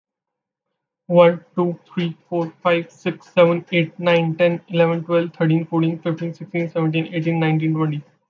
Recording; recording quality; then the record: counting at a fast pace; excellent, no background noise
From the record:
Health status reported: healthy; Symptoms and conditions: none ticked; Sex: male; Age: 22 years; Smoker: not ticked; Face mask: not worn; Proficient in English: yes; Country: India